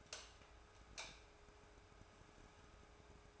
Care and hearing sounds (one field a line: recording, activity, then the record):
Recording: daily activity, microphone in the room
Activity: light on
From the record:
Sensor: 2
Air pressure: 1010.1 hPa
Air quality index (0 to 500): 161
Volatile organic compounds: 7 ppm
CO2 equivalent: 2024 ppm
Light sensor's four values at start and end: 40/96/43/49 and 44/111/49/54